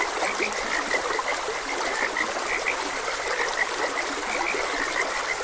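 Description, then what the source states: Frogs croaking in a steady chorus of short, bright notes over the constant rush and trickle of a flowing stream. Frogs croaking beside a gentle stream.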